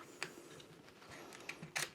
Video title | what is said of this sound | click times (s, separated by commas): I Bought the Trump Jakl and Found a Hidden Message on the Gun! | this locks into place | 0.2 s